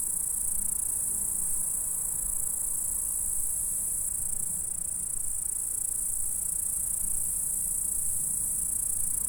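Insect stridulation, steady and shrill, runs the whole time over a faint low hum.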